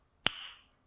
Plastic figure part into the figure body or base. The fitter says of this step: it's snapped in place i don't know if they picked that up but nice